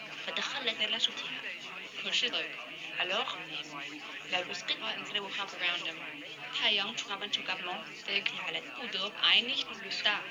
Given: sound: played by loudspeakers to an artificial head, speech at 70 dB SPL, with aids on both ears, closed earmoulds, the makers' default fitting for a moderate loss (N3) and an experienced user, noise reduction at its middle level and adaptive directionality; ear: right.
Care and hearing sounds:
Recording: speech test signal (ISTS) in cocktail-party noise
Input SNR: +3 dB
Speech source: in front (0 degrees)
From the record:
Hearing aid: class 1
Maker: G

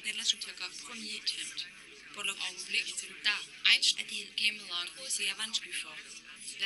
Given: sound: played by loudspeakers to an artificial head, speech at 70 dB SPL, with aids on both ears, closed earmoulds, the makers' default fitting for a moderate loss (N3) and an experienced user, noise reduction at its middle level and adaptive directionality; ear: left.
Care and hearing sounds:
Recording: speech test signal (ISTS) in cocktail-party noise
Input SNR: +3 dB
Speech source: in front (0 degrees)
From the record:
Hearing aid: class 2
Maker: J

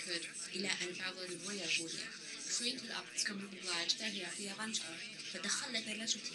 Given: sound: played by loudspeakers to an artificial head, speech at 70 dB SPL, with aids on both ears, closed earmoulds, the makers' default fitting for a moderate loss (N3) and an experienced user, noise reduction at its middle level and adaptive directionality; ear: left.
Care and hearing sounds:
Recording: speech test signal (ISTS) in cocktail-party noise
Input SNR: +6 dB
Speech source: on the right (90 degrees)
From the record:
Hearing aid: class 1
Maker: H

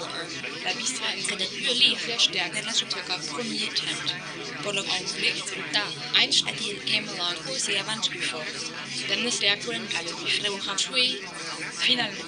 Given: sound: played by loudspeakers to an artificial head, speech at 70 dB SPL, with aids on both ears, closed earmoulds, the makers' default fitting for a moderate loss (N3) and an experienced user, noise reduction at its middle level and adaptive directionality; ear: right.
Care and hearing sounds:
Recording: speech test signal (ISTS) in cocktail-party noise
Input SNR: -3 dB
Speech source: in front (0 degrees)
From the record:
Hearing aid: class 2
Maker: A

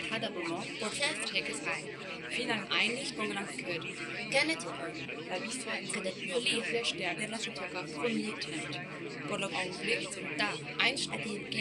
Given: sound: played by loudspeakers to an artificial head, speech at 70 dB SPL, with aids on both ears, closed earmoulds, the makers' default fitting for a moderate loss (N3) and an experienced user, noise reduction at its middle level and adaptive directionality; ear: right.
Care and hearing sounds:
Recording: speech test signal (ISTS) in cocktail-party noise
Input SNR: -3 dB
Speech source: in front (0 degrees)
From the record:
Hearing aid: class 2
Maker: C

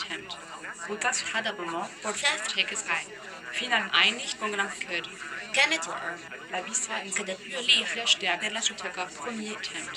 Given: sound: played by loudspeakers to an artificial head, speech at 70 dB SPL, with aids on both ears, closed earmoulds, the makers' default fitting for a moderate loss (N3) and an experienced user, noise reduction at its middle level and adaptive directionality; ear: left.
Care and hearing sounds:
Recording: speech test signal (ISTS) in cocktail-party noise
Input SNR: +3 dB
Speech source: in front (0 degrees)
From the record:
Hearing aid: class 2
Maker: E

